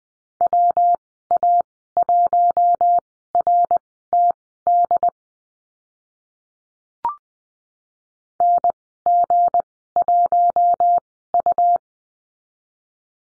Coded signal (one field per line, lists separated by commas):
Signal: Morse code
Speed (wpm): 19 wpm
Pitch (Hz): 700 Hz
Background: none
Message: WA1RTD NG1U